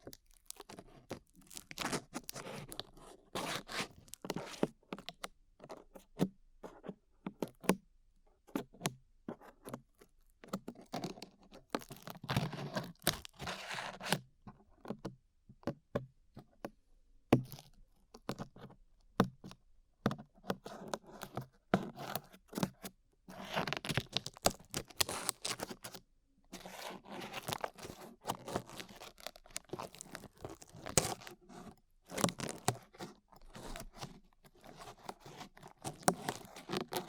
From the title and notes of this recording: ASMR Peeling Glue Off Your Ears (No Talking).